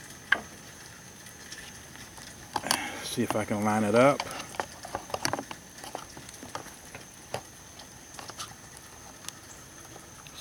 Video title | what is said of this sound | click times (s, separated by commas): 90-93 Honda Accord Corner Light Bulb Replacement | it snaps in just like that | 0.3 s